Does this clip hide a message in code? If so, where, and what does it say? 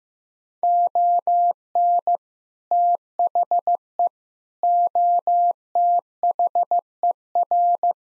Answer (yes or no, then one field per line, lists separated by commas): yes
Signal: Morse code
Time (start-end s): 0.6-7.9 s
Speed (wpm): 16 wpm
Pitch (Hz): 700 Hz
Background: none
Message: ON THE OTHER